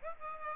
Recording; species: mosquito wingbeat signal from an infrared sensor; Aedes aegypti